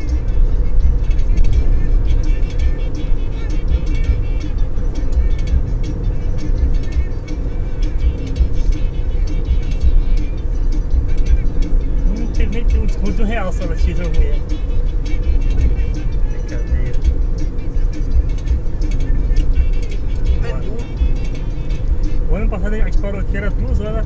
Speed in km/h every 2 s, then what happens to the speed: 94, 92, 91, 89, 86, 85, 87, 87, 87, 86, 88, 89.
0-9 slows to 85. 9-24 steady at about 87.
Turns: none.